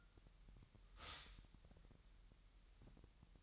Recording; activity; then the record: daily activity, microphone in the room; stop toaster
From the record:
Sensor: 3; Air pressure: 1001.9 hPa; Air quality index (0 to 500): 247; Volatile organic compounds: 51 ppm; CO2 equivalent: 3307 ppm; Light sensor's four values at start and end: 13/39/17/14 and 13/39/17/15